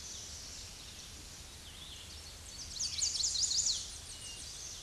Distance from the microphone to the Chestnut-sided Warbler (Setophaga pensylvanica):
about 30 m